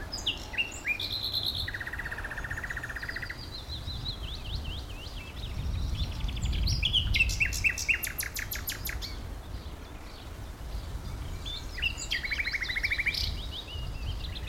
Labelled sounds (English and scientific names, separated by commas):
Common Nightingale (Luscinia megarhynchos)